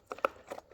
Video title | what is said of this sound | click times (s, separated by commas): VERIDIAN CRUISE CRUISE CONTROL KIT FOR ROYAL ENFIELD HIMALAYAN 450 | again, which is be much easier to do with two hands until it clicks into place like that. | 0.1 s, 0.2 s